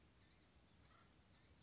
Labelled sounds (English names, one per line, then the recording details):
Blue-gray Gnatcatcher
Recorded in Sonoma County, California